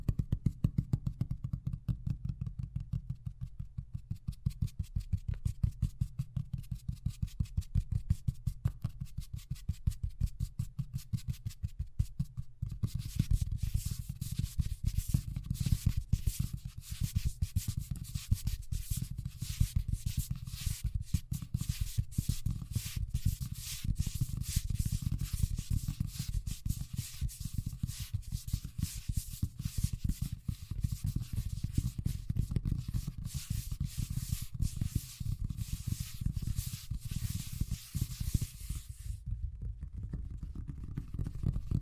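Fast tapping runs throughout in a dense, rapid stream of tiny strikes, with a steady low thud beneath. From about 12 to 39 seconds a bright, scratchy hiss rides on top, like rubbing or sanding, before the sound thins back to duller taps.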